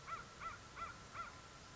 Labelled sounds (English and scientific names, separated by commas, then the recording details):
American Crow (Corvus brachyrhynchos)
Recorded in Sonoma County, California